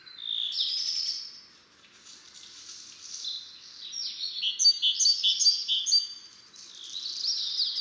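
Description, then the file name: Black redstart song: high, scratchy twittering phrases with quick chirps and trills, coming in bursts that rise and fall over several seconds. Several black redstarts, recorded in Isère, France. "Rougequeues-noirs-Concerts-naturels-de-l Isere-Studio-Les-Trois-Becs"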